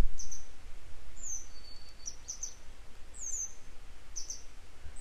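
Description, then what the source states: Grey wagtail calling repeatedly, quick doubled high notes alternating with longer downslurred ones, plus a faint level whistle, over a low steady rumble. A pair of grey wagtails still searching for their young today; follow-up recording.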